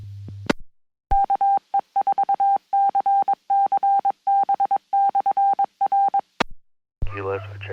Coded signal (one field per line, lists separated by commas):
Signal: Morse code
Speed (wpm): 22 wpm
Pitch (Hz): 790 Hz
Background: speech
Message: KE4CCB/R